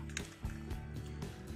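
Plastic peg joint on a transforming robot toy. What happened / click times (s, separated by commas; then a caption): A plastic toy joint snaps into place / 0.2 s. A plastic peg-and-socket joint on a Transformers Takara Tomy Generations Selects Super Megatron toy is pressed together while changing it to tank mode. A sharp snap is heard at 0.2 s over steady low background tones. The joint is seated.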